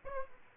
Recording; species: mosquito wingbeat signal from an infrared sensor; Aedes aegypti